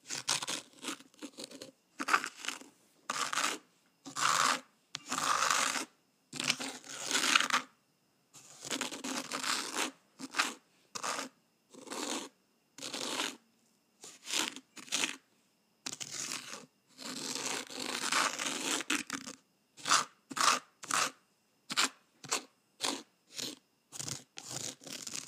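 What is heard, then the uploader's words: A rake is drawn through sand in a small zen garden, in a series of short scratchy strokes with brief silences between them. Some passes last a second or two, others are quick flicks, and the pace picks up near the end. Raking my Sand Zen Garden.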